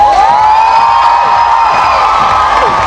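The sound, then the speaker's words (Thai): A loud crowd in Thailand cheers and claps to welcome a guest, without pause, high-pitched shouts and sustained whoops riding over a dense, steady wash of noise for about three seconds. “พร้อมแล้วครับปรบมือต้อนรับ”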